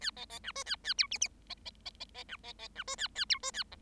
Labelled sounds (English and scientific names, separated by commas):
Bengalese Finch (Lonchura striata domestica) song